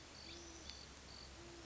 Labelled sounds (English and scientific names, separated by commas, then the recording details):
Great Horned Owl (Bubo virginianus)
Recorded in Sonoma County, California